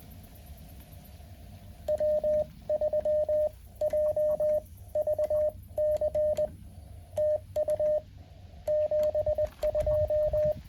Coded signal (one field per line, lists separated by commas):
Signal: Morse code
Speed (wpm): 20 wpm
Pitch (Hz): 610 Hz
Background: radio noise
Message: W3JVC TU 72